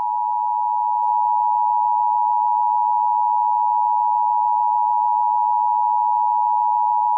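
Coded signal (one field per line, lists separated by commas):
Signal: Emergency Alert System (SAME) tones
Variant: 853 and 960 Hz attention tone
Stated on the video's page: Fictional mock scenario about an asteroid impact; contains valid tones.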